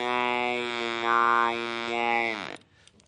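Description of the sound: Adult speaking through an electrolarynx held to the neck, its vibrating source external and sitting on the skin. Electrolarynx speech: a monotonous, buzzing voice with a lot of noise.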